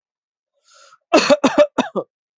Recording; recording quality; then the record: shallow voluntary cough; excellent, no background noise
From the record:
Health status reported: healthy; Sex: male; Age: 37 years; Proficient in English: yes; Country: India